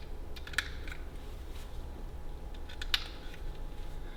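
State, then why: Seated. Aerial leads are plugged into the connectors on an electronic unit, and each one gives a small, sharp click as it attaches properly. The clicks come at about 0.6 s and 2.9 s over a low background hum, showing both aerials have seated.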